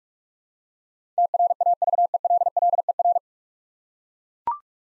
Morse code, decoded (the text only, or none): TRAVELLER